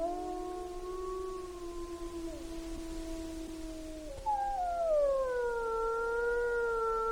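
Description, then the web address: Mammal: two animals howl in long sustained tones. A lower voice holds steady and then stops, while a louder, higher howl begins and gradually falls in pitch. A pair, recorded in Alaska on 1 April 2016. "alaska acoustic highlights highlights audio MAMMALS. Pair"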